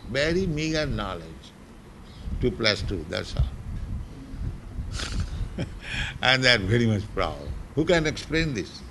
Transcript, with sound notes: Very meager knowledge. "Two plus two." That's all. [laughs] And they're very much proud. Who can explain this,